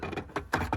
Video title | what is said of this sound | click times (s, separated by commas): Battery Powered 12" Toro Power Shovel Product Review | slides right in and you'll hear it snap into place just shut the cover it's that easy | 0.5 s